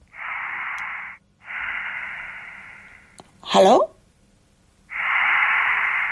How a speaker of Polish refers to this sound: A czemu pan tak dyszy? No, właśnie. I to jest kluczowe pytanie